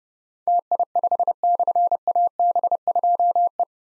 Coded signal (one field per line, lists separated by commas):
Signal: Morse code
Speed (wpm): 30 wpm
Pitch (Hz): 700 Hz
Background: none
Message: TI5/AB2E